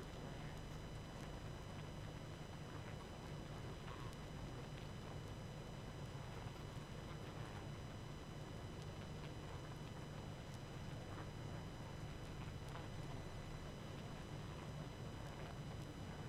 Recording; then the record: honeybee colony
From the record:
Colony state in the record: active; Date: 12 June 2018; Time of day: 21:35